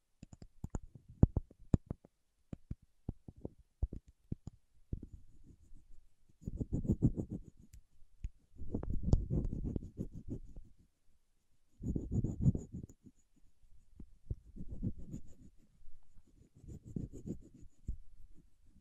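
Paraffin wax is tapped and scratched: sharp, separate clicks cluster over the first five seconds. After that come longer, denser stretches of low, crackly scraping, around 6–8, 9–11, 12–13 and 15–18 seconds, with quiet gaps between. A faint thin hiss sits high above throughout.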